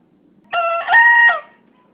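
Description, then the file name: Green junglefowl hybrid (bekisar): a single brief crow, a flat first part, then a stronger sustained note ending in a quick downward slur. Bekisar (green junglefowl hybrid), a young champion-prospect bird. "bekisar juara bakalan"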